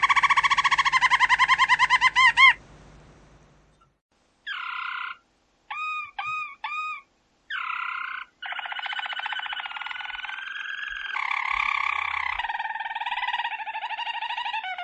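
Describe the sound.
Domestic canary song with a fast trill, a pause, then short repeated curved whistles and long buzzy rolling tours at shifting pitches.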